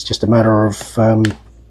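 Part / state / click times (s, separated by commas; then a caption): car fog light assembly into its plastic retainer / not seated / none. A car fog light assembly from a BA XR6, just converted to LED, is handled as it goes back into its plastic retainer with the rubber boot poking through the hole. Someone talks throughout, with a few brief rustling handling noises between the words. The clip ends before the part goes home, so nothing has seated or clicked yet.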